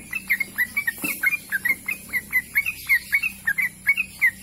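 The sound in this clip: Bird singing a rapid series of bright chirped notes, each short and slightly bent in pitch, delivered at an even pace of roughly four a second over low hiss.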